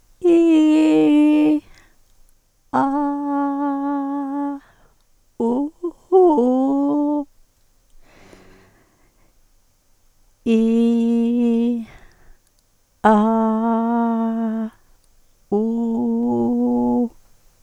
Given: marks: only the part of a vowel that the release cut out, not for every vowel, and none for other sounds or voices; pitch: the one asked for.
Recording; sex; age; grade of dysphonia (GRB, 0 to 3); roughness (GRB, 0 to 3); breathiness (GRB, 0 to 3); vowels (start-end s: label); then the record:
sustained vowels; female; 60 to 69 years; 0; 0; 0
0.42-1.45 s: vowel /i/, high pitch
6.28-7.10 s: vowel /u/, high pitch
10.58-11.27 s: vowel /i/, low pitch
15.60-16.95 s: vowel /u/, low pitch
From the record:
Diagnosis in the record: recurrent laryngeal nerve paralysis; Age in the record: 66 years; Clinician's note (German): Kompensiert, li